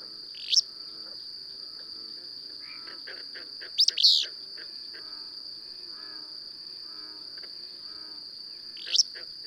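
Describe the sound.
Bird song: single chirps at the start and end frame a louder rushed double phrase, with scattered soft notes and a persistent shrill drone.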